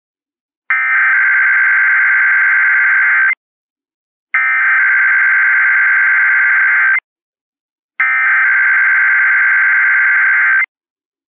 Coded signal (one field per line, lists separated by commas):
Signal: Emergency Alert System (SAME) tones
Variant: header bursts